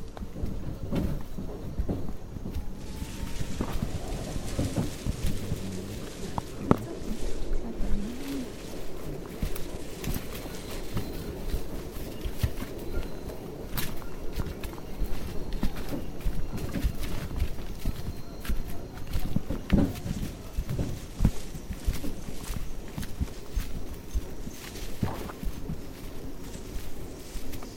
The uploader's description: Hike in Tambopata Reserve rainforest, Peru